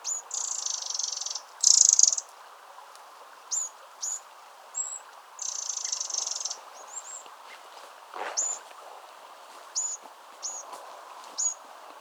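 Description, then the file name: Eurasian wren calls: harsh, buzzy churring rattles up to about a second long, mixed with short sharp high ticks, over a steady low rushing background. "Troglodytes troglodytes"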